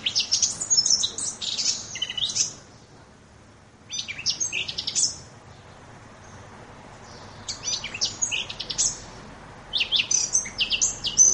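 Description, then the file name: Eurasian blackcap song in four separate phrases of quick, jumbled high notes with quiet gaps between. "moenchsgrasmuecke"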